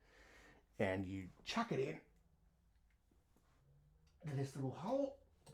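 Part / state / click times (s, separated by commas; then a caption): headphone jack adapter into audio interface headphone socket / not seated / none. Someone talks while pushing a large-jack extender adapter into the small headphone socket on a USB audio interface. Between the two bursts of speech there is only a low, steady background hum, with a faint short tick at the very end around 5.5 s. Nothing has clicked or seated yet.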